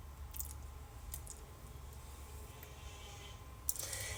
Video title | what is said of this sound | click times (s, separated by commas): April 11, 2024 | and I'm just going to recap it until it clicks | 3.7 s